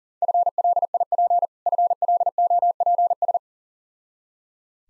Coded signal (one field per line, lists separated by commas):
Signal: Morse code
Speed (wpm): 40 wpm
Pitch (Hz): 700 Hz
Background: none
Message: FLIP FLOPS